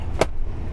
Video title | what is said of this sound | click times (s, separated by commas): 2024 Ford F-150 Tremor - POV Interior Review | be nice and secure and to unlock it you just pull it forward | 0.2 s